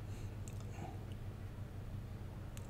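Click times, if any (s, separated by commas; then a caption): 0.5 s, 2.6 s. A plastic retaining clip on a roof grab handle (hanger) in a Honda Civic's roof panel is pried out while the headliner is being removed. Two sharp clicks at 0.5 s and 2.6 s stand out over a steady low hum. The clip releases and the handle comes out.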